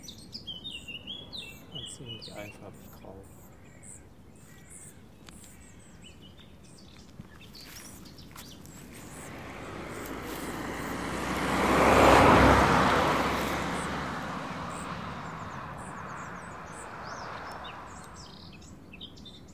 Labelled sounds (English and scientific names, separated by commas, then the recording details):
Spotted Flycatcher (Muscicapa striata) call
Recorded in the wild
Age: juvenile
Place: Tiuccia, Corsica, FR
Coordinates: 42.0761, 8.74361
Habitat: Macchia
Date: 2011-07-14
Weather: sunny, 20°C, weak wind
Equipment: Zoom H2, rear micophones
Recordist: Frommolt, Karl-Heinz